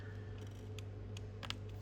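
A tablet's battery flex connector on a Samsung Galaxy Tab A8 is pressed down by finger onto its logic board socket during a screen replacement, over a steady low hum. A few faint ticks come first, then the connector snaps into place with a sharp click at 1.5 s. It sits flat and is confirmed connected.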